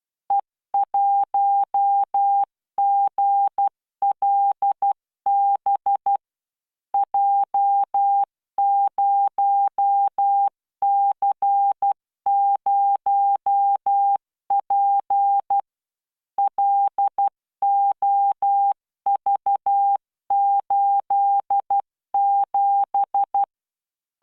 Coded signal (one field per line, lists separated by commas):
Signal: Morse code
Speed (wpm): 12 wpm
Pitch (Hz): 800 Hz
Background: none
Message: E1GLB J0C0P LOV87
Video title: tamanのモールス練習動画8（モールス信号 速度12WPM スペース標準）Learn Morse Code